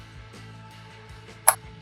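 On a 2021–2025 Nissan Rogue, the tail light wiring plug is pulled outward out of the tail light socket while its locking tab is held. A steady low hum runs under the clip, and a single sharp click sounds at 1.5 s as the connector unlatches and comes out, releasing the plug from the tail light.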